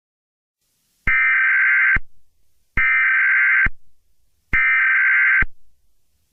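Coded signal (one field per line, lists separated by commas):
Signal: Emergency Alert System (SAME) tones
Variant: header bursts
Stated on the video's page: Fictional EAS scenario.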